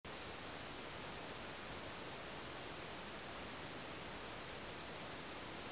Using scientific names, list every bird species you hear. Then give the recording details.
none. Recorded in France